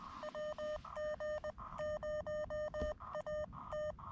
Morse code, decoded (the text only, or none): WG0AT